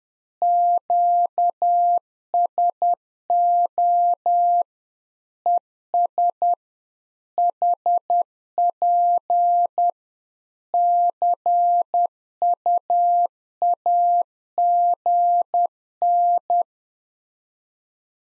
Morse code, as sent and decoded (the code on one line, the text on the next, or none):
--.- ... --- / . ... / .... .--. / -.-. ..- .- --. -.
QSO ES HP CUAGN